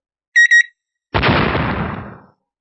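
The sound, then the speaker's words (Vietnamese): Two quick, high-pitched electronic beeps from the countdown timers of two time bombs are followed after a short pause by the bombs exploding in a loud, booming blast with a broad roar that slowly fades out. “Hai quả bom hẹn giờ đột nhiên nổ tung, lực bộc phát cường đại cùng với những mảnh nhỏ bắn ra, làm hai con quái thú gần nhất chấn động đến mức ngã lăn, toàn thân đầy vết máu.”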